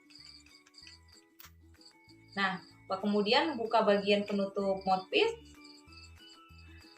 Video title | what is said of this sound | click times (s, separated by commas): Edukasi Spiriva Respimat | tabung dari spiritual respimer kemudian diputar ke kanan seperti ini sampai terdengar bunyi klik nah | 1.4 s